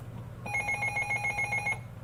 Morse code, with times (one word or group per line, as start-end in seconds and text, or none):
none